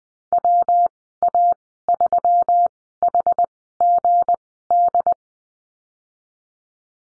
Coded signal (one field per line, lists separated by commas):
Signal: Morse code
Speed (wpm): 19 wpm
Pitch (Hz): 700 Hz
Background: none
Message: WA3HGD